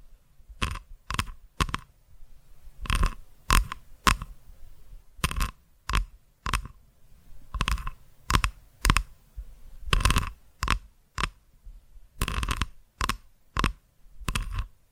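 Sharp, bright taps strike in irregular bursts of two or three across the whole stretch, with brief silences and a soft low rumble between.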